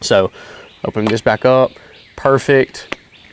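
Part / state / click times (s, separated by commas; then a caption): flip-up lens cap closing onto rifle scope objective / not seated / none. A flip-up lens cap on the objective of a budget rifle scope, one costing under $40, is handled while someone talks. The cap has not snapped shut yet, and nothing has clicked into place by the end of the clip.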